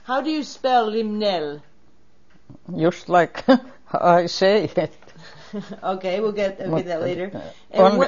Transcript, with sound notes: How do you spell Limnell?
Just like I say it (laughs)
(laughing) Okay we'll get that later and what…